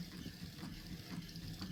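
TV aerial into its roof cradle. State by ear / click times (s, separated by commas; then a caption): seated / 1.4 s, 1.6 s. A roof TV aerial is wound down by its crank until it settles onto its roof cradle. A steady low rumbling whir runs throughout, broken by sharp clunks at 1.4 s and 1.6 s as the aerial comes home and seats in the cradle.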